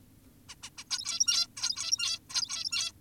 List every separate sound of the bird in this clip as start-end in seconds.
0.49-0.55, 0.63-0.70, 0.78-0.84, 0.91-1.47, 1.57-2.19, 2.30-2.92